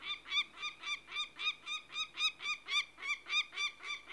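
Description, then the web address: Peregrine falcon uttering a steady, evenly spaced series of harsh, scratchy kek notes, nearly four per second, with little change in loudness. "BBC Sound Effects Library. Peregrine Falcon"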